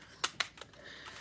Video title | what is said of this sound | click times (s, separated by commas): Did Some Knife Testing WOW | positive click won't come out | 0.4 s